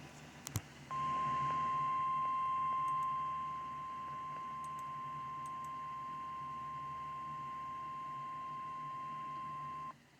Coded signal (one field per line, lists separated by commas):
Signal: Emergency Alert System (SAME) tones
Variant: 1050 Hz attention tone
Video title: EAS Alert #160. Severe Thunderstorm Watch.